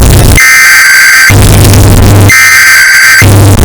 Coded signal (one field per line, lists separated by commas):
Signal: Emergency Alert System (SAME) tones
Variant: header bursts